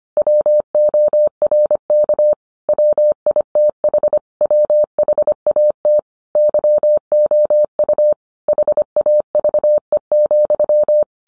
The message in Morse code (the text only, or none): WORK WITH WHAT YOU HAVE,